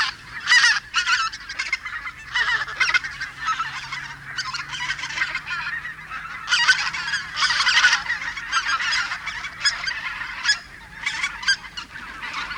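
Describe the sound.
Greater white-fronted goose flock, a busy, harsh chorus of overlapping high honks and yelps in loud surges throughout.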